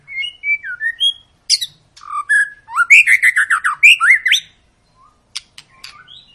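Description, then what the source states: White-rumped shama song: clear whistled notes followed by a fast rattling series of rising and falling chirps, then a few sharp clicks. Long lure song (pancingan) of an energetically singing (gacor) shama, used to prompt other birds to sing.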